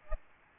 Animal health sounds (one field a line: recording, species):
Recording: mosquito wingbeat signal from an infrared sensor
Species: Aedes albopictus